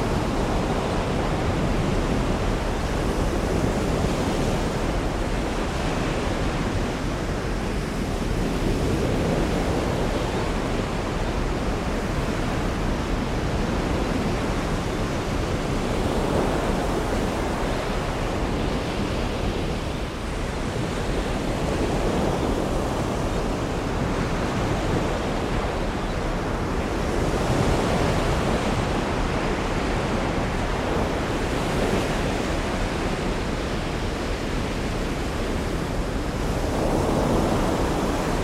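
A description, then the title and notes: Heavy ocean surf roars continuously, with swelling crashes every few seconds rising over a dense, deep wash of churning water. Rough Ocean Waves. Recorded during a recent storm in Marina Grande. Powerful crashes of ocean waves against Italy's rugged Amalfi Coast.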